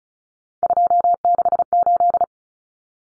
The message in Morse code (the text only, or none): 268